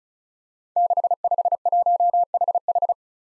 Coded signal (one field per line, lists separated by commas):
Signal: Morse code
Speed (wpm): 36 wpm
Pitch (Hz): 700 Hz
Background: none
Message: 651HH